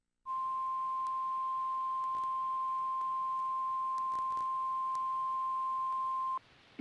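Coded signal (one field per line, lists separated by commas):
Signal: Emergency Alert System (SAME) tones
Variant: 1050 Hz attention tone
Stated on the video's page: Real flood warning EAS activations, personally recorded off air.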